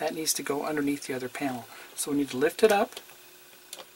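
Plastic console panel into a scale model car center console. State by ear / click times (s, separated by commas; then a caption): seated / 3.7 s. A plastic center console panel for a scale model car is tucked with its lip under the neighbouring panel, then forced in and snapped down into place. Someone talks for most of the clip. A single sharp snap is heard at 3.7 s as the panel seats.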